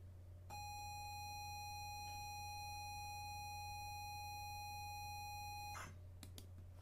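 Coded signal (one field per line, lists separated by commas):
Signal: ZX Spectrum tape loading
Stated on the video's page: Recreated authentic ZX Spectrum cassette loading sounds, made as samples for a game remake.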